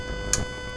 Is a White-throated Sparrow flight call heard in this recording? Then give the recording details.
no. No flight call is heard. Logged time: 02:29 on 3 September 2014